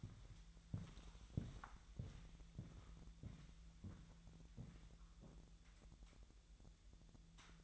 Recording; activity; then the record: daily activity, microphone in the room; walk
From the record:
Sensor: 3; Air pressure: 1002.0 hPa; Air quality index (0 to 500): 240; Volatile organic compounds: 106 ppm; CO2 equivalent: 3792 ppm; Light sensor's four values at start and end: 8/19/8/8 and 8/20/8/8